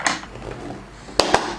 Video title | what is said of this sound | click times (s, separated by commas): 開箱！蛋黃哥雞蛋布丁製作機，雞蛋怎麼可能變布丁？ | 然后它这边有说，这边一定要是卡进去的才算是盖好的 | 1.2 s